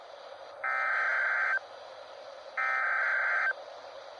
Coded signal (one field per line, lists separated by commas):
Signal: Emergency Alert System (SAME) tones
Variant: header bursts